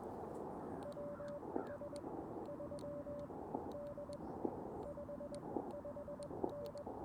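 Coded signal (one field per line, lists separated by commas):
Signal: Morse code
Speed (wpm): 20 wpm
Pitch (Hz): 580 Hz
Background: radio noise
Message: WS3D 55N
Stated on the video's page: CW Parks on the Air activation on an Elecraft KX2 with AX-1 antenna at 1 watt, later 5 watts.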